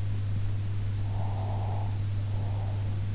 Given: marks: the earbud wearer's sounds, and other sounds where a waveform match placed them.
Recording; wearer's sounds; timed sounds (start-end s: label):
sounds in sleep by an in-ear microphone; breath
1.02-3.00 s: breath